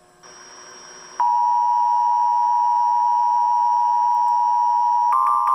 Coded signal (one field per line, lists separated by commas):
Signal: Emergency Alert System (SAME) tones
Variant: 853 and 960 Hz attention tone